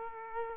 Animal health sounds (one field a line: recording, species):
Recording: mosquito wingbeat signal from an infrared sensor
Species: Aedes aegypti